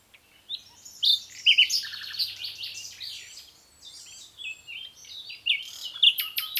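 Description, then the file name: Common nightingale song: rich jumbled phrases of whistles, clicks and rattles, closing with a few sharp, emphatic notes. "Luscinia megarhynchos"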